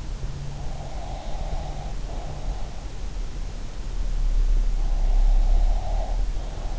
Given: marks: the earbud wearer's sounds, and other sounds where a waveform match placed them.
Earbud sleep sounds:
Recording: sounds in sleep by an in-ear microphone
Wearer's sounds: breath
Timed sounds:
0.64-2.71 s: breath
4.97-6.78 s: breath

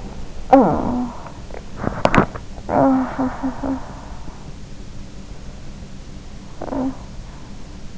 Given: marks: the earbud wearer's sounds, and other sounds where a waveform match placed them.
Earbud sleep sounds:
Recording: sounds in sleep by an in-ear microphone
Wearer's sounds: talking in sleep, body movement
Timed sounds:
0.45-1.36 s: talking in sleep
1.78-2.49 s: body movement
2.74-4.37 s: talking in sleep
6.54-7.17 s: talking in sleep

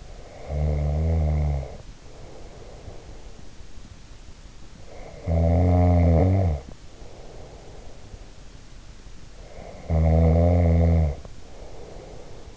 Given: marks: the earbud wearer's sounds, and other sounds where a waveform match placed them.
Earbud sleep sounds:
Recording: sounds in sleep by an in-ear microphone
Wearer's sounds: snoring breath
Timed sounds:
0.00-3.40 s: snoring breath
4.77-8.29 s: snoring breath
9.34-12.57 s: snoring breath

